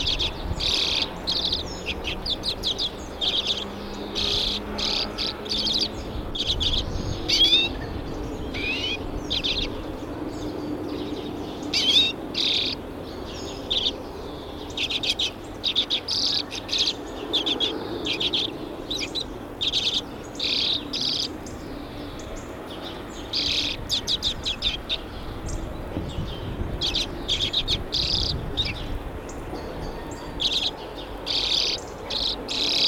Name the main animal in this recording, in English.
Common Redpoll